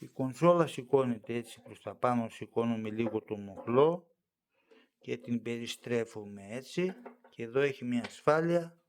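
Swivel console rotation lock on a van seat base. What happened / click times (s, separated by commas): Handled, not yet home: the rotating seat lock has not engaged / none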